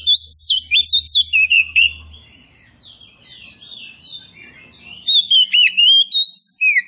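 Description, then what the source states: Oriental magpie-robin song in two loud bursts of varied, swooping whistles separated by a stretch of soft, subdued warbling. Kacer poci, a named variety, described as gacor, singing vigorously.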